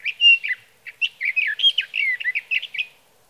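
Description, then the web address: Sage thrasher song, a rapid run of warbled, whistled and burry notes that jump up and down in pitch for nearly three seconds. "birdsongforthecurious Sage Thrasher"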